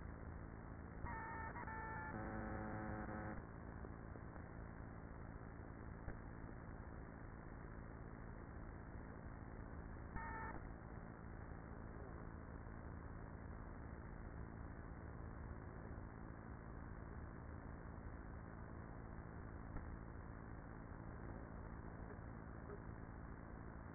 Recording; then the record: honeybee colony, microphone inside the hive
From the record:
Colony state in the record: queenless with a low population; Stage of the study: after two queens were removed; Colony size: about 30,000 bees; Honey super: no